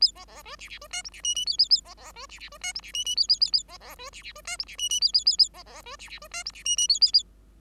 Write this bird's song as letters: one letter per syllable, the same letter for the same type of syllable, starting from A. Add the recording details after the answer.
A B B C D D C E F D G G A A A B B C D D C E F D G G A A A A B B C D D C E F D G G A A A A B B C D D C E F D G G A A A. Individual Bird5